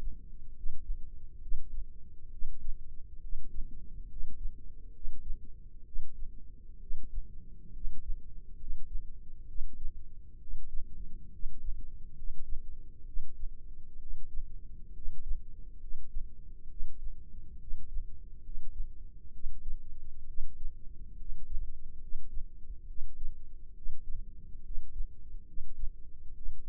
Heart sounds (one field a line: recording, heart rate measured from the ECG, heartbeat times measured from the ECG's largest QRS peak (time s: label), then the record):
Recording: heart sounds by microphone in the left ear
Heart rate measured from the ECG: 67 bpm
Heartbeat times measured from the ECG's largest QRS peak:
0.52 s: heartbeat
1.38 s: heartbeat
2.29 s: heartbeat
3.18 s: heartbeat
4.06 s: heartbeat
4.90 s: heartbeat
5.82 s: heartbeat
6.77 s: heartbeat
7.70 s: heartbeat
8.56 s: heartbeat
9.45 s: heartbeat
10.37 s: heartbeat
11.29 s: heartbeat
12.13 s: heartbeat
13.03 s: heartbeat
13.97 s: heartbeat
14.91 s: heartbeat
15.77 s: heartbeat
16.66 s: heartbeat
17.57 s: heartbeat
18.40 s: heartbeat
19.30 s: heartbeat
20.24 s: heartbeat
21.15 s: heartbeat
21.97 s: heartbeat
22.85 s: heartbeat
23.72 s: heartbeat
24.61 s: heartbeat
25.43 s: heartbeat
26.32 s: heartbeat
From the record:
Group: healthy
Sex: female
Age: 22 years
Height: 154 cm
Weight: 58.7 kg